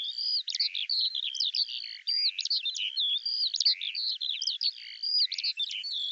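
Eurasian skylark singing a busy, unbroken outpouring of high twittering notes, buzzy trills and quick slurred whistles that run on without pause.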